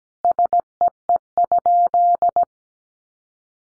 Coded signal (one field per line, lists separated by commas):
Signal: Morse code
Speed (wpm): 17 wpm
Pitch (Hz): 700 Hz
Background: none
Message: SEE?